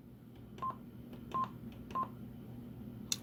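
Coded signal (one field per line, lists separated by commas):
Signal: none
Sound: a radio's button beeps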